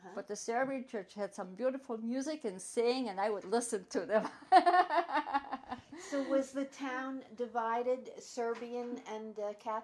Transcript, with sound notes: But the Serbian Church had some beautiful music and sing ing and I would listen to them. (Both laugh)
So was the town divided Serbian and Catholic?